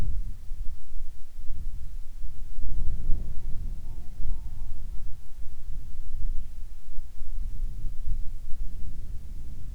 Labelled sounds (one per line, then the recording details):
wind
insects
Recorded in the Arctic National Wildlife Refuge, Alaska, on 7 July 2019 at 18:48
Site 41